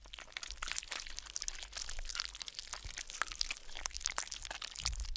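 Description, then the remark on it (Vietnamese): Wet, squelching chewing and smacking noises, heard beside a coffin during a wake, crackle on without pause for several seconds, a dense run of irregular crunchy clicks at a steady moderate level, with no voices. “Hôm đấy khi đám con cháu của bà đang khóc lóc bù lu bù loa bên quan tài thì tự nhiên nghe thấy những âm thanh ghê rợn nhóp nhép nhọp nhẹp.”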